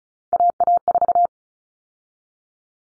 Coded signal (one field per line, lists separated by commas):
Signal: Morse code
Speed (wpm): 34 wpm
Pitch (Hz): 700 Hz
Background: none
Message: AA4